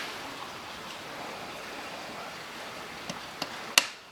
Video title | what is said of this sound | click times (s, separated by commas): HONDA CRF 250 ENGINE REBUILD - HOW TO CHANGE THE CAMSHAFT | should i see you where that click it's just the tiniest wobble but when you get it in the right place it just snaps in so easy you | 3.8 s